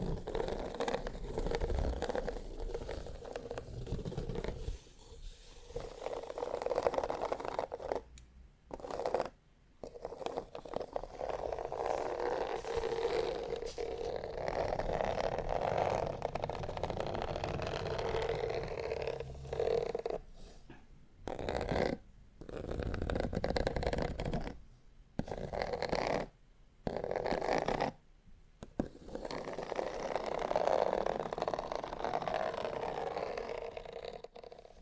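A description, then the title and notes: Dense scratching of fingernails over textured leather, a steady rasping hiss broken by brief silent pauses near seconds 8, 21, 25, and 28. TimASMR-Needle Fingers & Textured Leather Scratching (NO TALKING).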